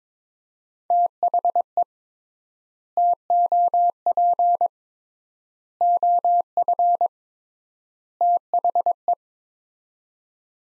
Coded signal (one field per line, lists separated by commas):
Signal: Morse code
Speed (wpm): 21 wpm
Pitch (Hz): 700 Hz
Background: none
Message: THE TOP OF THE